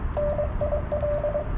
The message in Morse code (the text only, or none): NIL